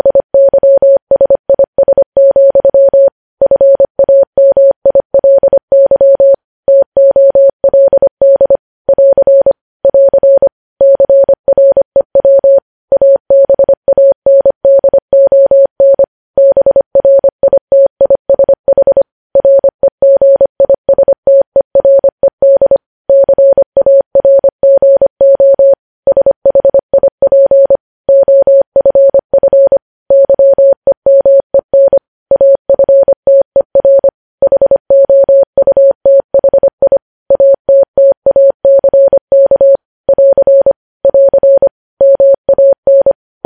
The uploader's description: Morse code